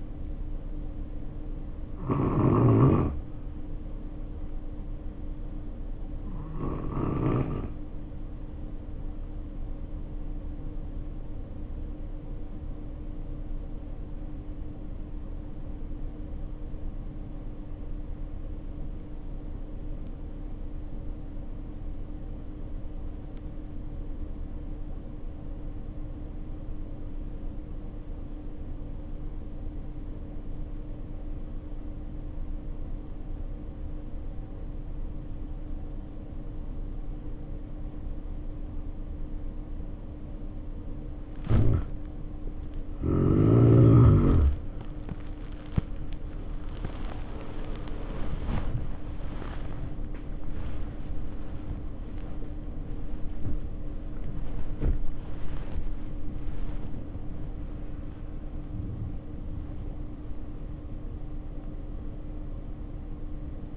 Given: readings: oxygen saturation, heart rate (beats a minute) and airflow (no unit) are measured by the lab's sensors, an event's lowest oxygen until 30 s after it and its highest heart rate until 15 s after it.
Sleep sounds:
breathing in sleep by a smartphone at the bedside; 1
8.00-45.80 s: hypopnea (N1, oxygen 93% highest, then 83% lowest, heart rate 50 at the start, 84 highest)
47.00-63.77 s: new sleep stage, awake
60.00-63.77 s: awake
From the record:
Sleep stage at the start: N1 (lightest sleep); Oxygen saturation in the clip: 70 to 93%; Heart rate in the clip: 50 to 85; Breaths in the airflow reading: 19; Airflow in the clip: -3.3 to 2.4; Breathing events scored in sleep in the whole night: 520 in 7.2 hours asleep

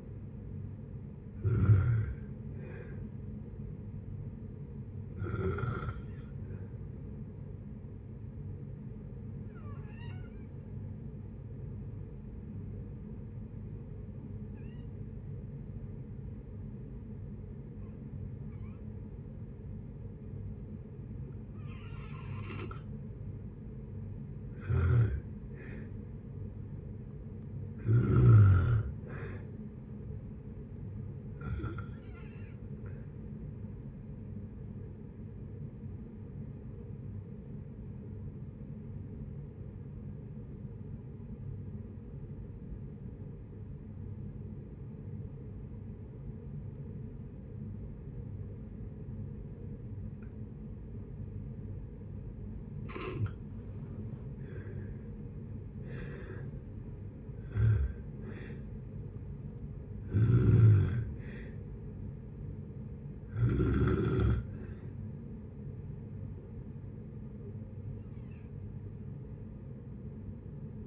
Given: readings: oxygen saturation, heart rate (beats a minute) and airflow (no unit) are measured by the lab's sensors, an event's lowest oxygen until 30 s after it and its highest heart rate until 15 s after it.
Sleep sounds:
breathing in sleep by a smartphone at the bedside; 2
4.00-25.70 s: hypopnea (N1, oxygen 96% highest, then 88% lowest, heart rate 71 at the start, 71 highest)
19.00-49.00 s: new sleep stage, N2 (light sleep)
37.00-54.40 s: obstructive apnea (N2, oxygen 95% highest, then 82% lowest, heart rate 61 at the start, 71 highest)
49.00-70.87 s: new sleep stage, N1 (lightest sleep)
From the record:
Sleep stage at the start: N1 (lightest sleep); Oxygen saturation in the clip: 84 to 96%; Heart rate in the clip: 56 to 71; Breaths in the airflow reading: 11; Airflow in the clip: -8.0 to 9.7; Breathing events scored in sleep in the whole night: 496 in 5.4 hours asleep

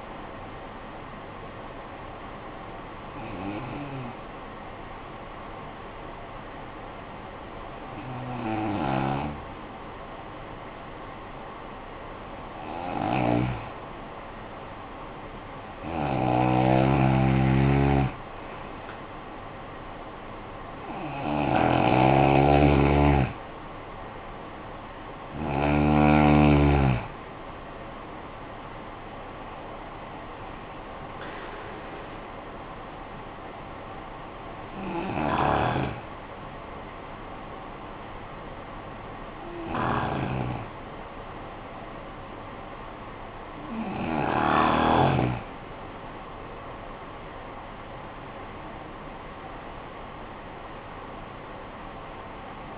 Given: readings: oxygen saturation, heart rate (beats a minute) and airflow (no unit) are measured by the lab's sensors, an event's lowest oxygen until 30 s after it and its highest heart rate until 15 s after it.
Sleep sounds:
breathing in sleep by a voice recorder at the bedside; 2
6.00-18.80 s: hypopnea (N1, oxygen 95% highest, then 89% lowest, heart rate 50 at the start, 62 highest)
35.00-48.50 s: hypopnea (N1, oxygen 94% highest, then 94% lowest, heart rate 62 at the start, 69 highest)
From the record:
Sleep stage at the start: N1 (lightest sleep); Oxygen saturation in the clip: 89 to 95%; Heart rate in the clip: 49 to 69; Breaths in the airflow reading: 10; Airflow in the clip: -13.8 to 12.4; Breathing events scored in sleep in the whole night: 445 in 7.6 hours asleep

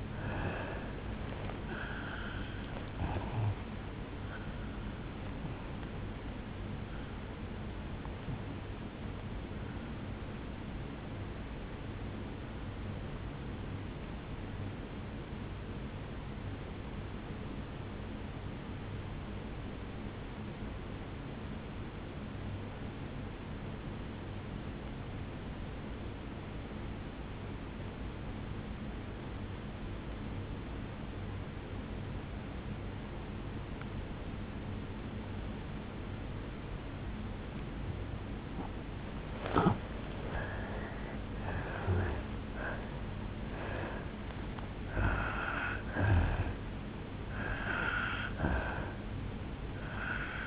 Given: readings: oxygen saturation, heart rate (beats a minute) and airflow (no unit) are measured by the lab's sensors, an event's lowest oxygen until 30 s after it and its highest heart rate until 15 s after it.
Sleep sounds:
breathing in sleep by a voice recorder at the bedside; 1
2.00-50.47 s: new sleep stage, N1 (lightest sleep)
14.00-37.80 s: obstructive apnea (N1, oxygen 97% highest, then 85% lowest, heart rate 53 at the start, 75 highest)
From the record:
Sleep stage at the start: N2 (light sleep); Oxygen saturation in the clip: 81 to 97%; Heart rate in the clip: 53 to 77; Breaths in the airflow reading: 11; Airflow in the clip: -8.9 to 6.0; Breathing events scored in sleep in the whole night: 449 in 7.0 hours asleep

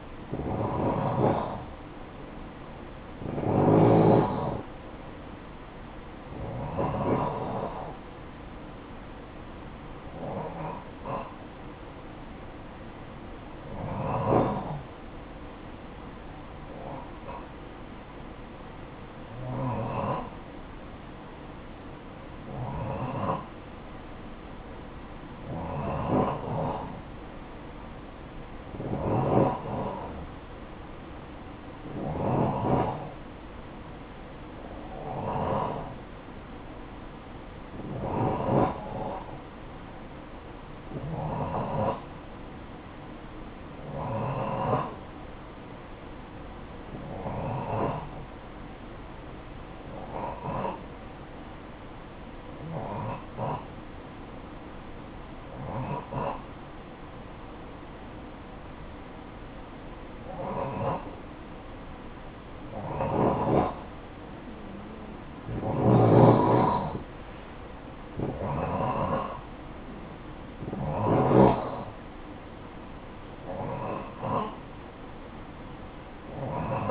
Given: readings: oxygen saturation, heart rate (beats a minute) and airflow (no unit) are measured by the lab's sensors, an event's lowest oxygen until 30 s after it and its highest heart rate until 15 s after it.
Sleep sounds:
breathing in sleep by a voice recorder at the bedside; 1
2.00-76.91 s: new sleep stage, N2 (light sleep)
17.00-64.10 s: hypopnea (N2, oxygen 92% highest, then 89% lowest, heart rate 57 at the start, 60 highest)
From the record:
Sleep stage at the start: N3 (deep sleep); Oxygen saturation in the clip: 88 to 92%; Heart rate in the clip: 51 to 61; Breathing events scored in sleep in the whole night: 573 in 9.8 hours asleep

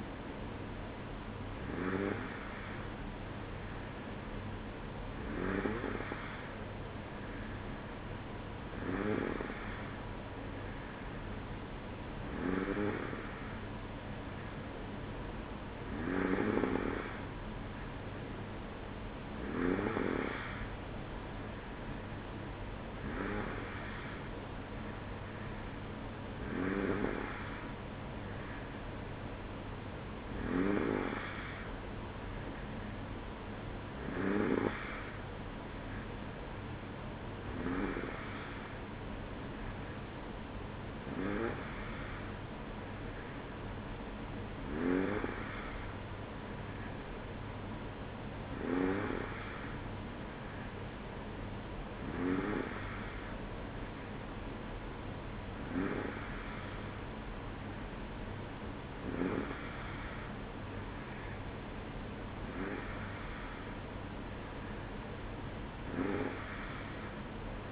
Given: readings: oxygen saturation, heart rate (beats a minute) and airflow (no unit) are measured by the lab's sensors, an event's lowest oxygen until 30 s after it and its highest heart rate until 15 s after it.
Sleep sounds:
breathing in sleep by a voice recorder at the bedside; none
none scored
From the record:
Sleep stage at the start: N2 (light sleep); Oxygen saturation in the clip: 93%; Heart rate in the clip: 54 to 57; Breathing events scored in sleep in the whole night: 305 in 9.6 hours asleep

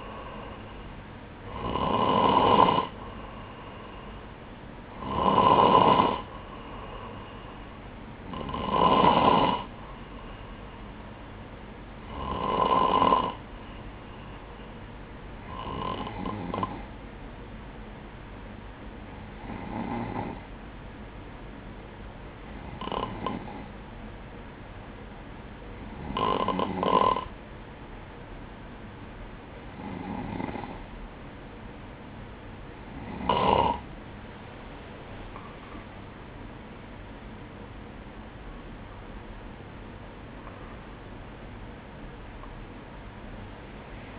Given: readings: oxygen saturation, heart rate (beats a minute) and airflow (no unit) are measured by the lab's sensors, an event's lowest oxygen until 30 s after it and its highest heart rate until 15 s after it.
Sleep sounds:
breathing in sleep by a voice recorder at the bedside; 1
5.00-34.20 s: hypopnea (N3, oxygen 96% highest, then 95% lowest, heart rate 62 at the start, 72 highest)
36.00-44.18 s: new sleep stage, N2 (light sleep)
From the record:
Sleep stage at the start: N3 (deep sleep); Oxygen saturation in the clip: 94 to 96%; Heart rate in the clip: 60 to 69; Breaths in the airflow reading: 13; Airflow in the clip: -13.6 to 9.1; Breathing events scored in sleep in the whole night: 180 in 6.7 hours asleep

